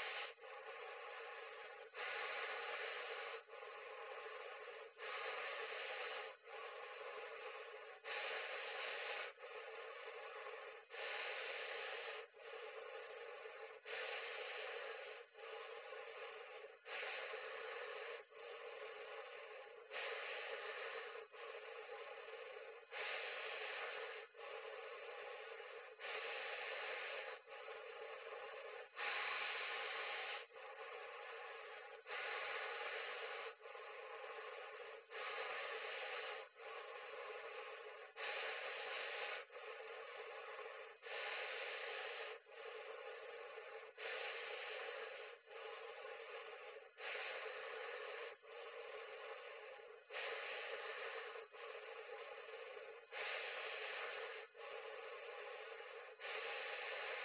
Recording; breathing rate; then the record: paced breathing near a phone; 20 breaths a minute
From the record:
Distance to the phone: 40 cm